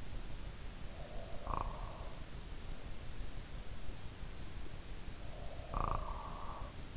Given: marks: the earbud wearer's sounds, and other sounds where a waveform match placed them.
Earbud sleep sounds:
sounds in sleep by an in-ear microphone; snoring breath
0.89-2.18 s: snoring breath
5.41-6.95 s: snoring breath

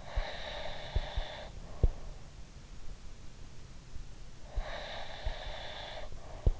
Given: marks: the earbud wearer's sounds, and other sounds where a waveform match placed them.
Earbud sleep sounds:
sounds in sleep by an in-ear microphone; breath
0.11-1.96 s: breath
4.76-6.60 s: breath

